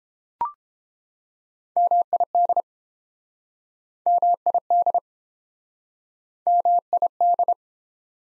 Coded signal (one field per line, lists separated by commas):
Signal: Morse code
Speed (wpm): 28 wpm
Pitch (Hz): 700 Hz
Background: none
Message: MID MID MID